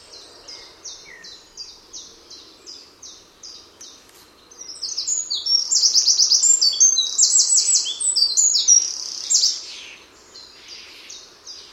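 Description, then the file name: Eurasian wren song: a run of short high notes about three per second, then a loud, fast, rattling trill with buzzy bursts lasting several seconds before the steady notes resume. "Troglodytes troglodytes"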